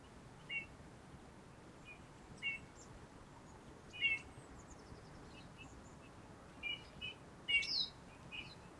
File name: Pyrrhula pyrrhula